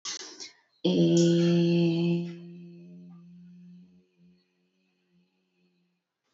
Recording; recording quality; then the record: sustained vowel as in made; excellent, no background noise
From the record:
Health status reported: exposed to COVID-19, no respiratory illness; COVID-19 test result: negative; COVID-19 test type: RT-PCR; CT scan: not taken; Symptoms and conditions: none ticked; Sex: female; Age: 22 years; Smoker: no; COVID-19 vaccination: none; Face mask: worn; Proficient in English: yes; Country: India